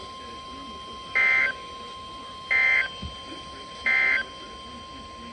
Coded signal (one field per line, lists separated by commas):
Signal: Emergency Alert System (SAME) tones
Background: speech